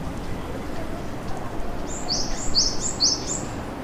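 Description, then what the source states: Bird's high, thin chirps, three quick descending two-part notes arriving after a couple of seconds of low background rumble. Shinagawa, March 2008.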